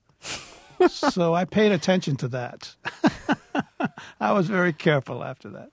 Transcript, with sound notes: So I paid attention to that.
(SOUNDBITE OF LAUGHTER)
I was very careful after that.